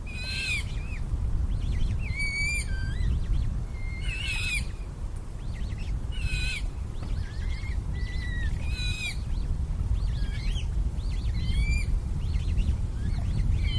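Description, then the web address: Eurasian coot young giving thin, high piping calls, several overlapping with short rising and falling notes in irregular bursts, over a steady low rumble. Young birds. "linnut nokikana nuoret"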